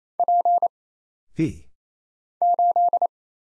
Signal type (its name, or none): Morse code